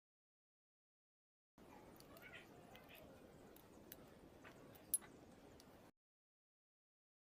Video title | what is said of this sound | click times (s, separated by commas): Merakit Jupiter MX old sampai selesai | pengancingnya benar-benar masuk di paritannya sampai bunyi klik ya. | 4.9 s